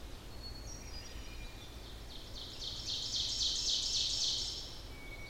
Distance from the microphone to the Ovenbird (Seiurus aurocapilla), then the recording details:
about 45 m. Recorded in boreal forest in Alberta, Canada, on 14 June 2016 at 05:35. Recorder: SongMeter 3, array SBT-3-33. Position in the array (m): 118 m, 23 m. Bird 21